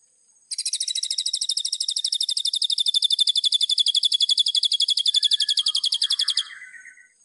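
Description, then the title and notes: White-rumped shama song: a long, fast, evenly pulsed high trill held for about six seconds, ending with a brief lower warbled note. Lure call used for trapping. "Pikat Murai Batu. Burung Murai Batu"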